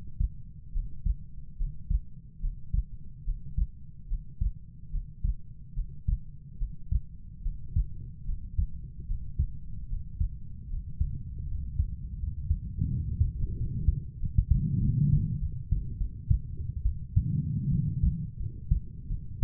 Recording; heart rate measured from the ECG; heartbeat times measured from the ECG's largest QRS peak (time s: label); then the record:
heart sounds by stethoscope; 78 bpm
0.73 s: heartbeat
1.57 s: heartbeat
2.41 s: heartbeat
3.25 s: heartbeat
4.08 s: heartbeat
4.91 s: heartbeat
5.75 s: heartbeat
6.59 s: heartbeat
7.43 s: heartbeat
8.26 s: heartbeat
9.08 s: heartbeat
9.89 s: heartbeat
10.70 s: heartbeat
11.48 s: heartbeat
12.19 s: heartbeat
12.90 s: heartbeat
13.57 s: heartbeat
14.20 s: heartbeat
14.81 s: heartbeat
15.40 s: heartbeat
15.98 s: heartbeat
16.84 s: heartbeat
17.69 s: heartbeat
18.38 s: heartbeat
19.09 s: heartbeat
From the record:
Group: healthy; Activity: Valsalva maneuver 0-15 s, rest 15-19 s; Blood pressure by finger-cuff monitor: 108/69 mmHg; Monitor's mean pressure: 81 mmHg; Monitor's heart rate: 72 bpm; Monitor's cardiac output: 6 L/min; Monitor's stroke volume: 82 mL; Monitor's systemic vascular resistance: 980 dyn s/cm5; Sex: female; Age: 22 years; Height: 160 cm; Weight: 63 kg